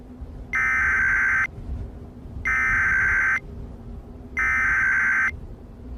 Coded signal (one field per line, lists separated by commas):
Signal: Emergency Alert System (SAME) tones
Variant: header bursts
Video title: EAS Christmas Special - Stay Frosty